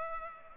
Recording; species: mosquito wingbeat signal from an infrared sensor; Culex pipiens